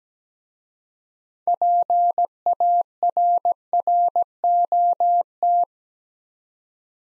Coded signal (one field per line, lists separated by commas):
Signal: Morse code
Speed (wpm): 17 wpm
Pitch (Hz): 700 Hz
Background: none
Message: PARROT